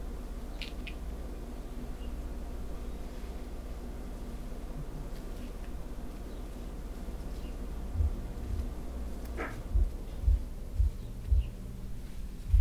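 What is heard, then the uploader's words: Soft scratching and fabric rustling over a steady low hum, with a few brief sharp scrapes, then a run of dull thumps after eight seconds. ASMR back scratch, hair play & neck tingles on Emily no whisper (fabric sounds & back tracing).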